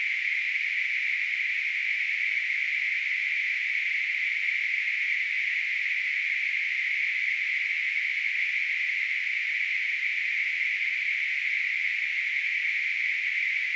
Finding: Tinnitus.